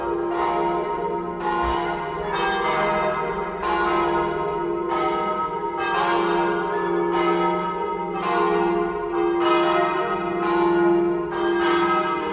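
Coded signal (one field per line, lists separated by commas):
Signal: bell signal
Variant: church bells, plenum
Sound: several church bells ringing together continuously, overlapping strikes with a long resonant hum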